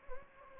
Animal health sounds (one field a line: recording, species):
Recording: mosquito wingbeat signal from an infrared sensor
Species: Anopheles gambiae